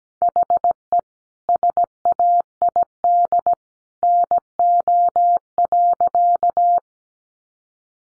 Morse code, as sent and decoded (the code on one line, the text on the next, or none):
.... . / ... .- .. -.. / -. --- .-.-.-
HE SAID NO.